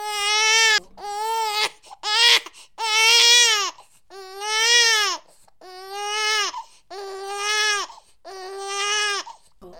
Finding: Newborn baby cry.